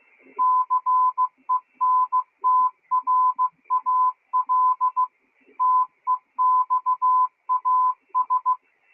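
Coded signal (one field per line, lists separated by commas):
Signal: Morse code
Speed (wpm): 14 wpm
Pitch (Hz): 1010 Hz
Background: none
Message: CENTRAL TEXAS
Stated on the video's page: Received live while tuning the bands, with live commentary.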